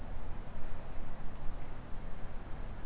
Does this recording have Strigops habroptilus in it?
no